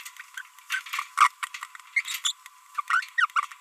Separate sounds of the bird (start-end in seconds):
1.17-1.28, 1.96-2.19, 2.24-2.32, 2.88-3.09, 3.18-3.26, 3.36-3.45